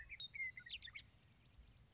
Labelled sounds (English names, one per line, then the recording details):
Western Meadowlark
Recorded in Sonoma County, California